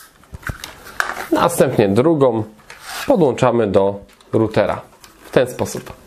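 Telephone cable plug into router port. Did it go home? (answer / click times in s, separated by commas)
no / none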